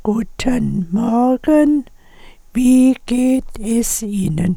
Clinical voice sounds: spoken sentence; German; female; 60 to 69 years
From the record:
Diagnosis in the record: recurrent laryngeal nerve paralysis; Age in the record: 69 years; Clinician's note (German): Beidseitig

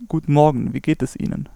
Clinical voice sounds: spoken sentence; German; male; 18 to 19 years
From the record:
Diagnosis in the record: stuttering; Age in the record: 18 years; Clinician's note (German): Nicht ganz abgeschlossene Mutatio

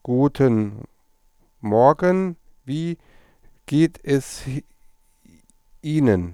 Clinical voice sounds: spoken sentence; German; male; 40 to 49 years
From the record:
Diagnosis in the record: stuttering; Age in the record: 45 years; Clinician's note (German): Stroboskopischer Normalbefund

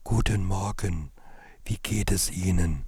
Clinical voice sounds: spoken sentence; German; male; 40 to 49 years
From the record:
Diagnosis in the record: recurrent laryngeal nerve paralysis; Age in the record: 47 years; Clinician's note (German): Idiophatische rechts in Intermediärstellung; breite glottische Insuffizienz

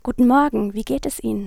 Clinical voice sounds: spoken sentence; German; female; 20 to 29 years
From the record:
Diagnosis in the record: singing voice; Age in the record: 23 years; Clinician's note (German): Ausgebildet, stroboskopisch ohne Befund, subj. "zu hohe mittlere Sprechstimmlage"

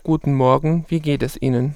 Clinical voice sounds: spoken sentence; German; male; 30 to 39 years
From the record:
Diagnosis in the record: mutational falsetto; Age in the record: 33 years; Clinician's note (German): Stroboskopisch nur in Höhen Amplitudendifferenzen

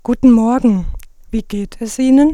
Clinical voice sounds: spoken sentence; German; female; 30 to 39 years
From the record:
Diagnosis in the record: arytenoid dislocation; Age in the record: 37 years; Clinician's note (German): Verdacht auf Luxation re

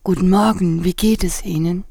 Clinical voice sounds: spoken sentence; German; female; 50 to 59 years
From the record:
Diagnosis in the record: recurrent laryngeal nerve paralysis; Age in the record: 55 years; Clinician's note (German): Doppelseitige bei Zustand nach Lateralfixation und Arytenoidektomie mit noch unvollständiger supraglottischer Kompensation

